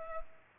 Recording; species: mosquito wingbeat signal from an infrared sensor; Culex pipiens